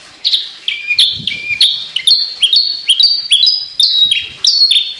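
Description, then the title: Javan bush lark song of clear whistled notes, some sliding down in pitch, in an uneven run with short gaps. Described as singing 'gacor', meaning constant lively singing. "Branjangan Gacor Petir 1"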